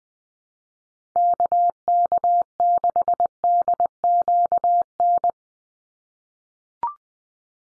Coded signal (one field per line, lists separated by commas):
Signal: Morse code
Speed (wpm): 20 wpm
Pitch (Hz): 700 Hz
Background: none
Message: KK6DQN